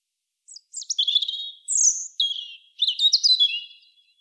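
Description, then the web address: European robin song of several rapid, high, liquid phrases, each with falling slurred notes and fine trills, delivered almost continuously. "SETE Erithacus rubecula"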